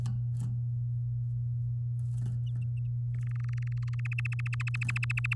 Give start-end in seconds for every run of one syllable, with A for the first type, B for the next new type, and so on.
3.14-4.55 A, 4.60-5.33 B